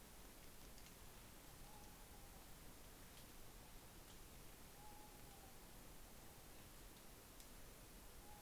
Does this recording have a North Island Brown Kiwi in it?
no